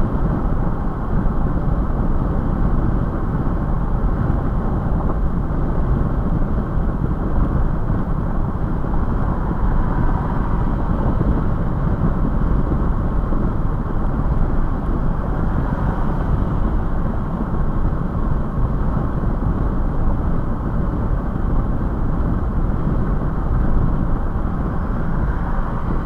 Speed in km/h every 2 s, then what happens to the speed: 105, 105, 105, 105, 105, 105, 103, 105, 105, 103, 105, 105, 105.
0-26 steady at about 105.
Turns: none.